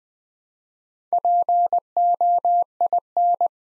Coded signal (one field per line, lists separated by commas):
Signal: Morse code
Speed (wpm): 20 wpm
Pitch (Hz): 700 Hz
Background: none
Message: POIN